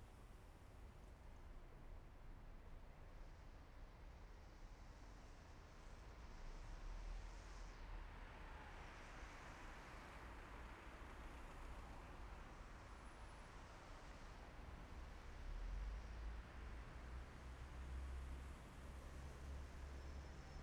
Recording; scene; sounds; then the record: everyday scene through a hearing-aid microphone; in traffic; traffic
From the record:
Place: main city hub, rush hour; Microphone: behind the ear, left, front